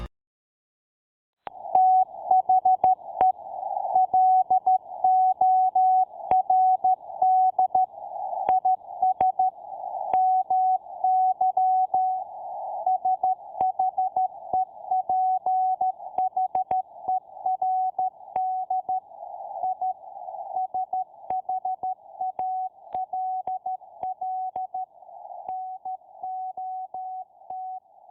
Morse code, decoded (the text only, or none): THE LORD IS MY SHEPHERD I SHALL NOT